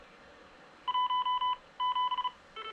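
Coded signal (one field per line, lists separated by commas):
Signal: Morse code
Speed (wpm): 36 wpm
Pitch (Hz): 1000 Hz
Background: none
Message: 1 7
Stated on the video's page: Portable repeater for DMR and analog voice, built from GM300/GR300 radios with a duplexer and ZR310 controller.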